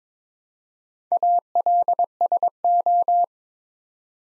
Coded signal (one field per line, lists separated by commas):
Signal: Morse code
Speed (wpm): 22 wpm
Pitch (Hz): 700 Hz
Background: none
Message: ALSO